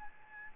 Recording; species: mosquito wingbeat signal from an infrared sensor; Aedes albopictus